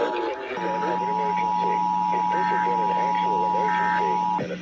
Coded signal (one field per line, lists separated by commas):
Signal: Emergency Alert System (SAME) tones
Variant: 853 and 960 Hz attention tone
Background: speech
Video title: EAS #1112-1119 NATIONAL EAS TEST OF 2021 on August 11, 2021 (Finally a legit CT Test) Last 2021 EAS